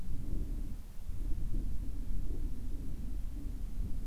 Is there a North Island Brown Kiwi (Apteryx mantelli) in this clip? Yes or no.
no